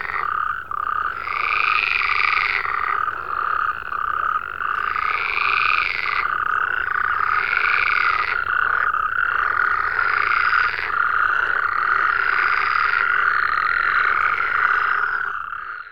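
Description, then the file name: Frogs calling: a steady trilling background with loud, buzzy croaks repeating every few seconds. "Digiffects Sound Effects Library - Frogs"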